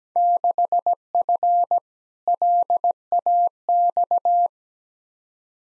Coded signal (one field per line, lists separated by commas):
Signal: Morse code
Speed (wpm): 17 wpm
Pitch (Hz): 700 Hz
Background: none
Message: 6F LAX